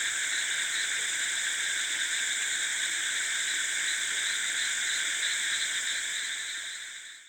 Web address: Charlie Atanasyan - South India sound library by Faunethic Rice field frogs and insects close, wide at night